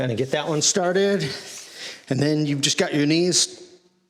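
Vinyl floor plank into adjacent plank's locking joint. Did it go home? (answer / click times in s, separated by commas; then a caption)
no / none. A vinyl floor plank is started into the click-lock joint of an adjacent plank, to be forced down with the knees. Someone talks throughout the clip. The plank is only being handled, and nothing has seated or clicked yet.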